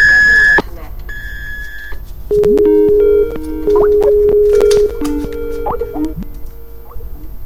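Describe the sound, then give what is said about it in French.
A series of electronic signal beeps on a radio broadcast: two higher-pitched steady beeps, followed by a longer run of lower, sustained tones that shift slightly in pitch, fairly loud, with faint background noise underneath. “Au bip sonore, soyez créatif.”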